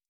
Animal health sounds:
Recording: hydrophone in a shrimp aquaculture tank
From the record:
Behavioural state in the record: stressed

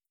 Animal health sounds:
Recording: hydrophone in a shrimp aquaculture tank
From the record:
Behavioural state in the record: starved

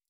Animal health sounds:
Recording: hydrophone in a shrimp aquaculture tank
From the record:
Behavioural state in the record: stressed

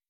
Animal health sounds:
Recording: hydrophone in a shrimp aquaculture tank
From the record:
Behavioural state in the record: weakened

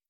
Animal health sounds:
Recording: hydrophone in a shrimp aquaculture tank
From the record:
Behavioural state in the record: feeding

